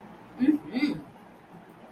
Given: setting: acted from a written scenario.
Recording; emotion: vocal sound without words; pride